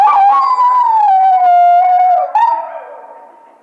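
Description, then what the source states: Coyote howl, a long wavering tone sliding slowly downward, then a brief rise and a falling tail that fades out. Recorded 1 February 2010.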